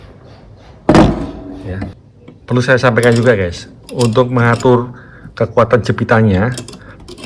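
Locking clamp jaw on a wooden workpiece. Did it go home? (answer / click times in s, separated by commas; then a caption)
yes / 0.9 s. A locking-pliers style F clamp is squeezed onto a piece of wood until its toggle mechanism locks, giving a loud thunk at 0.9 s as the locking clamp jaw snaps shut on the wooden workpiece. Afterward, someone talks.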